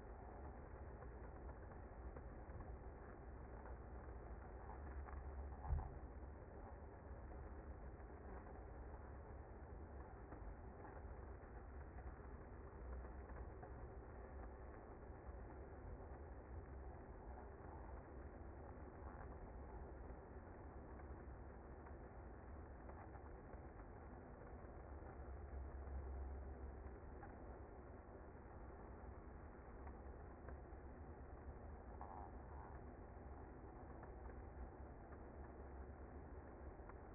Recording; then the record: honeybee colony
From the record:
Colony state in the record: active